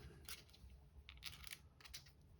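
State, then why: Not seated. A wheel axle is pushed through the middle of the bearing in the plastic hub carrier of a Tamiya M-06 Beetle RC car. Short scraping and ticking handling sounds come in bursts around 0.3 s, 1.1 to 1.5 s and 1.9 s over a low background hum. The axle has not popped into place yet, and nothing has seated or clicked.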